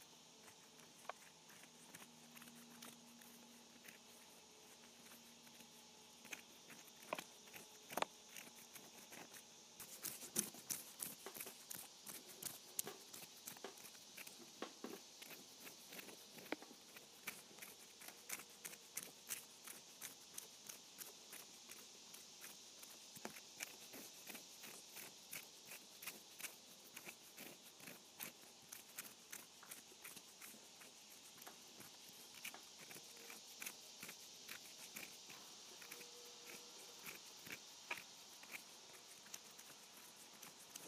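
Hands scratching against each other in a dense run of short, dry, raspy strokes. The scratching starts sparse, then from about ten seconds becomes steady and rapid, with bright hissy edges and occasional sharper clicks over a faint quiet background.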